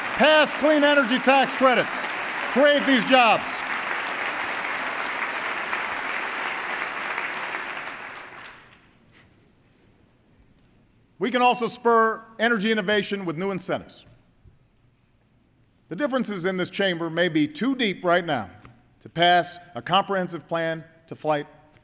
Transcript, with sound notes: Pass clean energy tax credits. Create these jobs. (Applause.) We can also spur energy innovation with new incentives. The differences in this chamber may be too deep right now to pass a comprehensive plan to fight